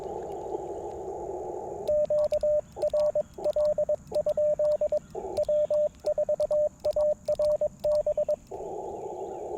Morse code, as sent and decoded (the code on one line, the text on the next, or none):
--.- .-. .-.. ..--.. / .-- ....- .- .-. -...
QRL? W4ARB